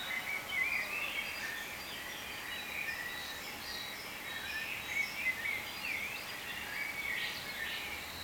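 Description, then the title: Birds: continuous bird chorus of rapid high chirps from several callers, irregular and overlapping, over a soft hiss. "cizici, birds"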